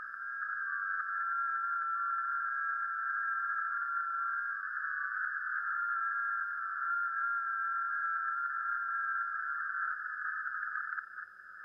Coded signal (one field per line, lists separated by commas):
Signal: FT8